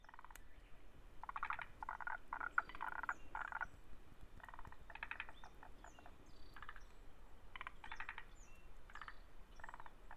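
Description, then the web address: Frog calling in rapid rattling bursts, repeated irregularly over steady low noise. Recorded at Kamikochi, Japan, on 7 June 2005. "windy scape kamikochi sound kaeru"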